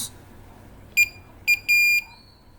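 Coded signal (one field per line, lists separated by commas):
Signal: none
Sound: car key programmer beeps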